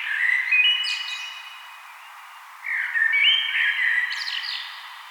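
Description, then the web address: Common blackbird delivering two relaxed, flute-like warbling phrases, each finished with a brief high-pitched chattering flourish. "vogelstimmen amsel gesang nabu lars lachmann"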